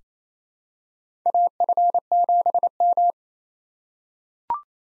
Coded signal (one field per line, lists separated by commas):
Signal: Morse code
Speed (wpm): 29 wpm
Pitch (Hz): 700 Hz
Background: none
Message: AF7M